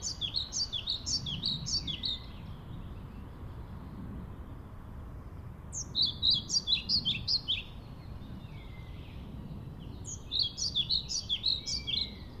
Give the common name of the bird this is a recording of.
European Pied Flycatcher